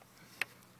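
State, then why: Seated. A part is pushed into a toy foam blaster while it is being loaded and seats with a single sharp, short click at 0.4 seconds. The snap fits plastic and stands out over a faint, steady background.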